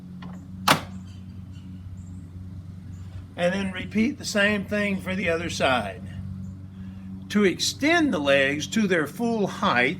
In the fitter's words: and continue to open until it locks into place